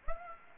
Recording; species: mosquito wingbeat signal from an infrared sensor; Aedes aegypti